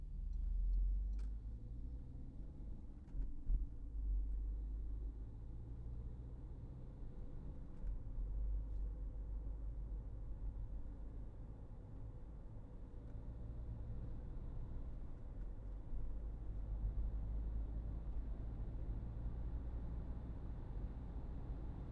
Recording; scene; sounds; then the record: everyday scene through a hearing-aid microphone; in a vehicle; engine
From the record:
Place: Berlingo II, diesel engine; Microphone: behind the ear, right, front